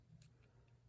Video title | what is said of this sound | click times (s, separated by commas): Studio series NIGHTBIRD review - Carno | and they should click into place | 0.2 s